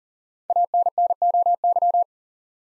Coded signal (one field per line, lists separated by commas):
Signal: Morse code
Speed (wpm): 38 wpm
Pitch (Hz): 700 Hz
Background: none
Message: ANNOY